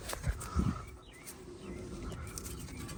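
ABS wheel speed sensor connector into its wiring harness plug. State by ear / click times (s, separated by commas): not seated / none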